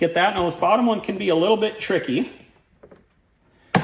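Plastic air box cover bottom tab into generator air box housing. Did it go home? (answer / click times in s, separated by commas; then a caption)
yes / 3.8 s. Someone talks while refitting the air filter box cover on a Predator portable generator, pushing its bottom plastic tab, which is tricky to get started, into the generator's air box housing. After a couple of faint handling taps, a sharp, loud click is heard at 3.8 s. The tab clips in and the cover is seated.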